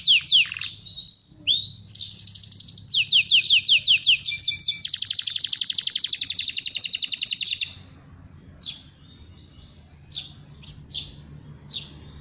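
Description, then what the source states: Belgian canary singing a fast rolling song: sweeping whistled notes, then rapid buzzy trills held for several seconds, followed by scattered soft chirps over faint low hum. Copper-coloured Belgian canary song.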